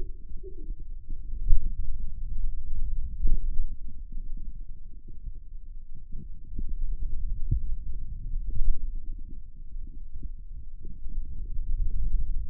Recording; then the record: forearm muscle sounds (acoustic myography)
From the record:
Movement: finger pinch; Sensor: system 2, bracelet of six BSWA MPA416 microphones around the upper forearm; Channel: 4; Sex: male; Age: 22 years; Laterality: right